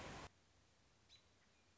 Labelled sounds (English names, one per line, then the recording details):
American Robin
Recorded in Sonoma County, California